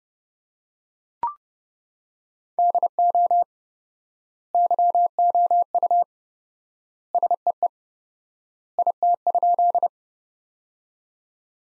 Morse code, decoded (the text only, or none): DO YOU SEE IT?